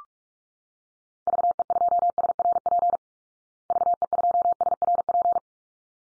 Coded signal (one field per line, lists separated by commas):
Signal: Morse code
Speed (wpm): 44 wpm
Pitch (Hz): 700 Hz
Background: none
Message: VE2SRP VE2SRP